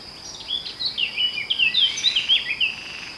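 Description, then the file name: Eurasian blackcap singing a quick, rich warble of slurred whistled notes for about three seconds, with a constant high buzzing hiss behind it. "Sylvia atricapilla"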